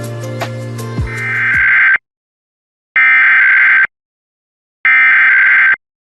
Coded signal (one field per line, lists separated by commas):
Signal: Emergency Alert System (SAME) tones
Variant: header bursts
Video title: EAS Alerts from 1/15-1/19 [EAS #163-181]